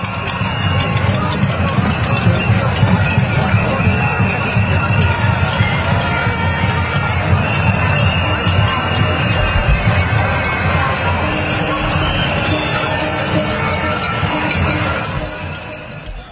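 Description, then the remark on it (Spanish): A dense protest crowd in Colombia roars continuously while metallic clanks and rapid bangs of pots being struck rattle through the din, with shouted slogans layered over the steady loud wash before it fades at the end. “Pero sin embargo, lo que más caracterizó esta protesta es el ruido de las cacerolas, los gritos, las consignas.”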